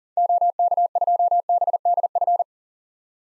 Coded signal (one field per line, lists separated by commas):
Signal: Morse code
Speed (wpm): 40 wpm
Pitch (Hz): 700 Hz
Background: none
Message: OK2BDF